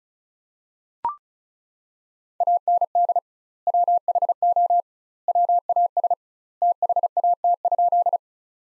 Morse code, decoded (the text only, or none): AND WHO WAS THAT?